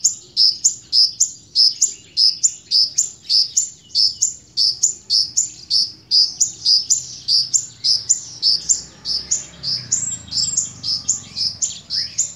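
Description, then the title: Small bird giving a high, sharp chirp repeated nearly twice a second throughout. "Burung Kecil"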